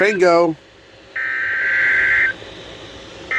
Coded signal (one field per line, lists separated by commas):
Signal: Emergency Alert System (SAME) tones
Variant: header bursts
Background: speech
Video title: Tropo Disaster | EAS Alerts From 7/30/2024 (EAS #2,669-2,682)